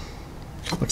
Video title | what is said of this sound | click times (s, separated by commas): Ford E350 - 7.3 Power Stroke - IDM Testing and Wiring Repairs - Part 2 | here we go make sure it clicks looks good | 0.8 s